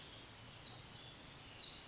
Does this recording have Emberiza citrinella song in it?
no